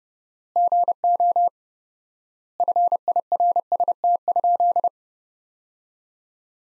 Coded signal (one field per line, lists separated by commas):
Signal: Morse code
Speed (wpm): 30 wpm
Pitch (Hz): 700 Hz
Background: none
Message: GO FIRST?